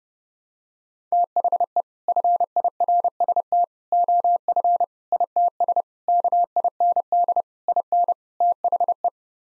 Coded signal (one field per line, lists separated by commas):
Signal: Morse code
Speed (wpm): 30 wpm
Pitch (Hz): 700 Hz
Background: none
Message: THE FIRST OF ITS KIND IN THE